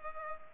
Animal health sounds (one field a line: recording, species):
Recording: mosquito wingbeat signal from an infrared sensor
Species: Culex pipiens